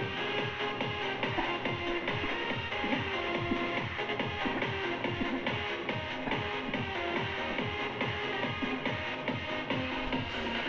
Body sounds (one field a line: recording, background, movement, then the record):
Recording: throat clearing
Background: music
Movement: sitting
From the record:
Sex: female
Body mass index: 36.4 kg/m2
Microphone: on the chest, facing outward